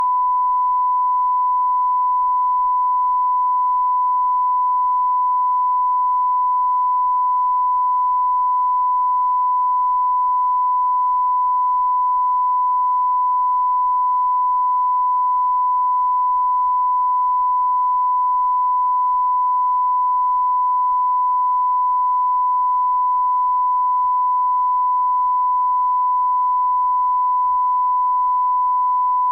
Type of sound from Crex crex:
song